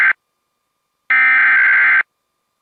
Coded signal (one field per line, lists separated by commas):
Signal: Emergency Alert System (SAME) tones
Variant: header bursts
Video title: Immediate Evacuation Alert and Fire Warning for Butte County, CA from WDFA and WJON (EAS# 201-204)